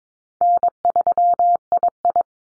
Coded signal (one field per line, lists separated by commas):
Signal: Morse code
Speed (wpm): 22 wpm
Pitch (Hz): 700 Hz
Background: none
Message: N3II